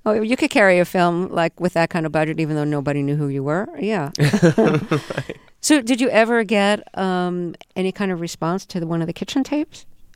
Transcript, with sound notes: Oh, you could carry a film like with that kind of budget even though nobody knew who you were. Yeah.
(LAUGHTER)
Right.
So did you ever get any kind of response to one of the kitchen tapes?